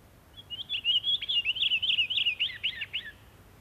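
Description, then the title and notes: Pine Grosbeak song: a sweet, warbling phrase of quick rising and falling whistled notes lasting about two and a half seconds, with no other sounds. "Taviokuurna. Jussi Salokorpi"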